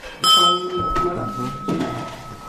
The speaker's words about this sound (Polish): No, zapytaszcie, będziemy mieć obiad. To ten gong to oznacza? Tak.